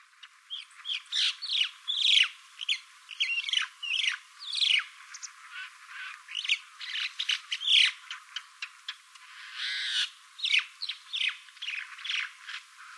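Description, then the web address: Crested myna calling steadily with harsh squawks, chattering notes and brief whistled chirps, a busy, continuous stream of varied calls throughout. Reference material from 22 November 2013. "shiryo koe hakkacho 131122 tasuno kuroda"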